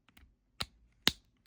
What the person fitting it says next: You should hear it click.